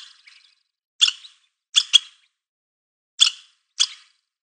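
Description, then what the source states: Squirrel uttering a handful of short, scratchy barks, one doubled, spaced by brief silences. Chattering.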